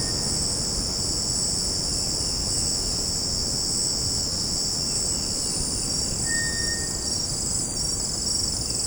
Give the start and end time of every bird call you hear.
6.22s-7.04s: Cinereous Tinamou (1.5-2.1 kHz)

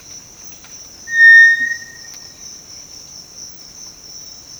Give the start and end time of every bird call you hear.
1.05s-2.13s: Cinereous Tinamou (1.3-2.5 kHz)

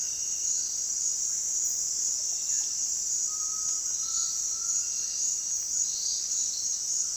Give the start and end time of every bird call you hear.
3.26s-4.77s: Undulated Tinamou (0.8-1.8 kHz)

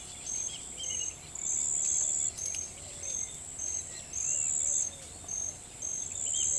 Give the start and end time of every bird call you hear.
0.46s-1.06s: unidentified bird (1.8-4.2 kHz)
3.91s-4.49s: Great Kiskadee (1.4-4.9 kHz)

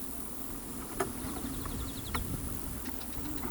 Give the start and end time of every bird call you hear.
1.19s-2.19s: Scrub Greenlet (2.8-5.4 kHz)

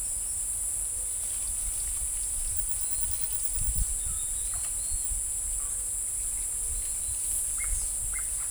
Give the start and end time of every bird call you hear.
4.47s-5.11s: Trinidad Euphonia (3.8-4.5 kHz)
7.58s-8.51s: Black-crested Antshrike (1.0-2.3 kHz)

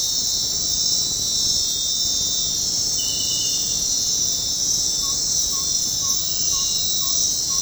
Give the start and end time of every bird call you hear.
5.00s-7.57s: Ferruginous Pygmy-Owl (0.8-1.7 kHz)

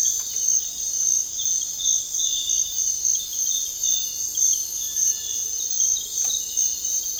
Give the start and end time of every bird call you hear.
4.77s-5.62s: Cinereous Tinamou (1.3-2.1 kHz)

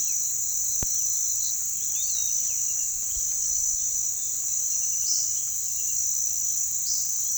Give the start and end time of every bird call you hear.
1.83s-4.06s: Piratic Flycatcher (2.5-4.9 kHz)
4.98s-7.14s: unidentified bird (3.8-6.7 kHz)

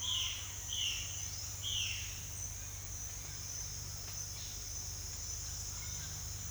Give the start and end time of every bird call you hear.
0.00s-2.16s: Violaceous Jay (1.2-4.4 kHz)

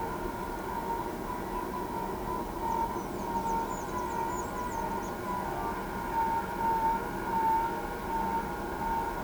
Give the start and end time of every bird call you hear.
2.67s-5.09s: Blue-gray Tanager (3.7-8.5 kHz)

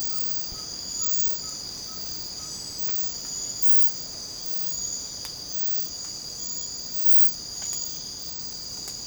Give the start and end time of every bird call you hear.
0.00s-2.53s: Ferruginous Pygmy-Owl (0.8-1.9 kHz)

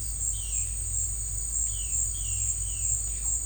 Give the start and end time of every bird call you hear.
0.28s-0.66s: Violaceous Jay (2.1-3.9 kHz)
1.62s-2.92s: Violaceous Jay (1.9-4.0 kHz)

